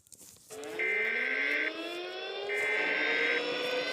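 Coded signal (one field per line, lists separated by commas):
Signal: Emergency Alert System (SAME) tones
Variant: header bursts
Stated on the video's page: Simulated EAS scenario.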